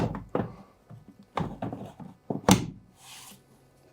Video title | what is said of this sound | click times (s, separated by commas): Transforming A Dirt Devil Vacuum Into A Custom Craftsman Dust Devil | popped it in, made sure that was good. | 2.5 s